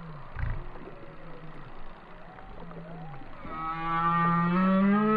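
Whale song: faint low moans and tonal sweeps beneath hiss, ending in a louder sustained harmonic moan that rises slightly.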